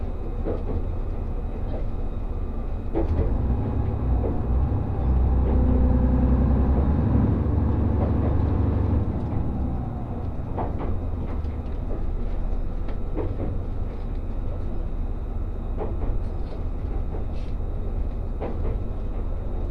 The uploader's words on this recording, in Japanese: 五能線リゾートしらかみ4号 鯵ヶ沢→深浦。リゾートしらかみ4号は鯵ヶ沢から日本海沿いに走っていきます。